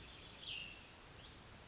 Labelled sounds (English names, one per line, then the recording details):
Cassin's Vireo
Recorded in Sonoma County, California